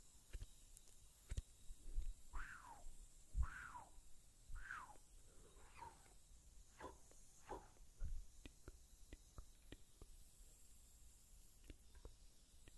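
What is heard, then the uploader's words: Wet mouth sounds with a slight echo: soft clicks and pops scattered throughout, plus sliding sucking noises between two and eight seconds. ASMR MOUTH SOUNDS. (Slight ECHO TINGLES).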